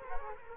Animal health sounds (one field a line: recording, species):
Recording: mosquito wingbeat signal from an infrared sensor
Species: Culex quinquefasciatus